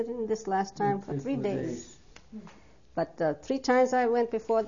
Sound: husband agrees off-mike

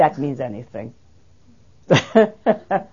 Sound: she laughs

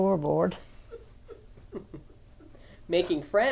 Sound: they laugh

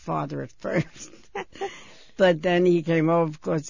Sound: she laughs

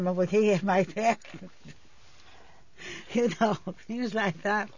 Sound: she laughs

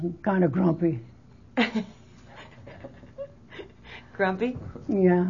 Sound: laughs

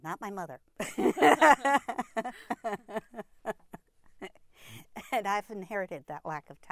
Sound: laughs

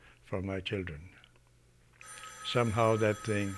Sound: a telephone rings in the background

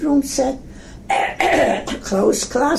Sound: clears throat

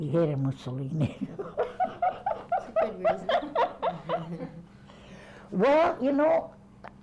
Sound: they laugh

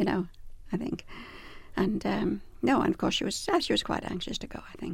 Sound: none

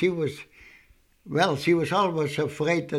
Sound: none

